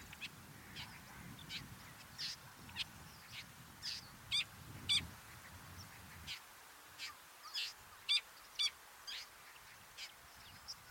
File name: Ruud van Beusekom - Dlinnohvostyj sorokoput Lanius schach